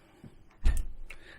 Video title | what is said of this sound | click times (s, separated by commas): Hubsan Zino 2┃Unboxing┃First Impressions┃Updates | it just snaps into place just like that | 1.1 s